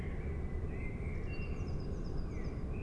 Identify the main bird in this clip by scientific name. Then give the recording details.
Cyanistes caeruleus. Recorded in Germany. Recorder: ecoPi